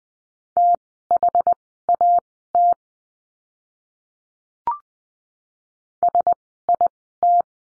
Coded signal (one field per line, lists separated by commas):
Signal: Morse code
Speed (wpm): 20 wpm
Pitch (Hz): 700 Hz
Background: none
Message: THAT SIT